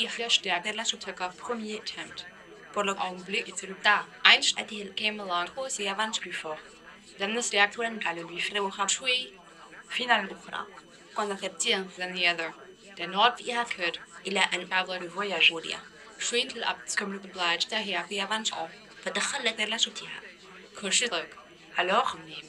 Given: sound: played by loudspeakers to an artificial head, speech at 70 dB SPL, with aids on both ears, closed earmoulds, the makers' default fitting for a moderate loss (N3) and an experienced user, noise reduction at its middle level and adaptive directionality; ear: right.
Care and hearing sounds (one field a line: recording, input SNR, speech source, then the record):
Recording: speech test signal (ISTS) in cocktail-party noise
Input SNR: +9 dB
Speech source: in front (0 degrees)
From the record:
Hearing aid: class 2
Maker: E